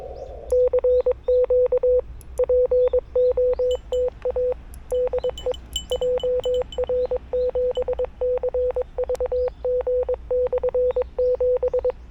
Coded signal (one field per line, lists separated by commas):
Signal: Morse code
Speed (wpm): 22 wpm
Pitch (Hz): 500 Hz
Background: none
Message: CQ POTA DE JR7CVG/7